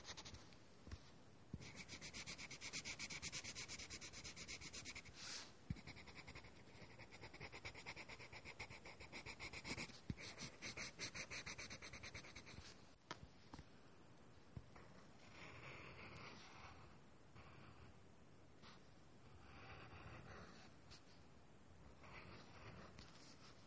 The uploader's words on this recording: Doing homework drawing and writing sounds. Lots of writing sounds.